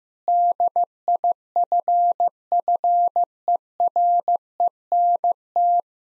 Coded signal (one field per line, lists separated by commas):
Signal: Morse code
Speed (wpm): 15 wpm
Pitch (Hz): 700 Hz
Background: none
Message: DIFFERENT